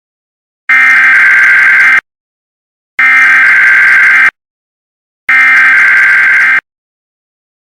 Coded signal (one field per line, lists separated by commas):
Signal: Emergency Alert System (SAME) tones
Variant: header bursts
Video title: Emergency Alert System (EAS) Severe Thunderstom Warning